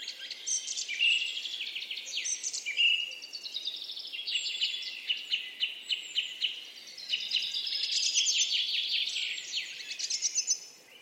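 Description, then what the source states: Bird song flowing almost continuously, with dense twittering phrases, rapid chips and high whistles. Singing, chirping.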